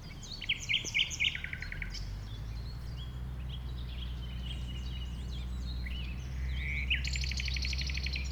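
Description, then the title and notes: Common nightingale song with loud stuttering repeated notes at the start, scattered whistles, then a long buzzy rattling trill, over a steady low drone. Nightingale that settled with a few others on the banks of a stream forming a pond, 1500 m from the A20 motorway, around 8 am on Sunday 12 April. "Un Rossignol Envers Et Contre Tout. un rossignol venu avec quelques autres s'installer sur les rives d'un ruisseau formant un étang à 1500 mètres de l'A 20. Ces moments ont été enregistrés vers 8h le dimanche 12 avril"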